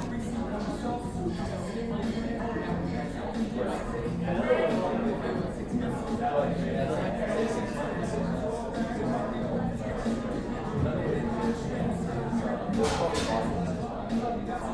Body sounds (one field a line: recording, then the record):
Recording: background sound without coughing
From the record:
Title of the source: 60 minutes of coffee shop sounds for study and concentration